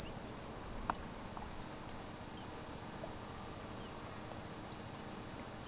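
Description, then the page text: Yellow-browed warbler uttering a few thin, high down-then-up notes at uneven intervals, some short and clipped, separated by quiet gaps. "Frank Lambert - Пеночка-зарничка (Phylloscopus inornatus)"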